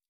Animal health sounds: hydrophone in a shrimp aquaculture tank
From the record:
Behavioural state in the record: stressed

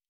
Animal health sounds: hydrophone in a shrimp aquaculture tank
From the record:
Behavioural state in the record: normal

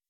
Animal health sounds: hydrophone in a shrimp aquaculture tank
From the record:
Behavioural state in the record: weakened

